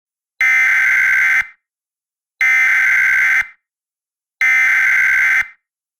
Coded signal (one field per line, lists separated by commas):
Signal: Emergency Alert System (SAME) tones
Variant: header bursts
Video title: EAS Scenario (In Film): The Quiet Place 2